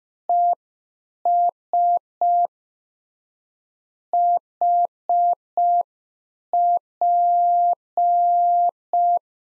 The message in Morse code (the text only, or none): ES HP